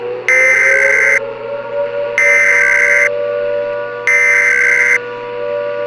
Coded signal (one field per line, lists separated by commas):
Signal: Emergency Alert System (SAME) tones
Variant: header bursts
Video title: Fragmented: An EAS Mock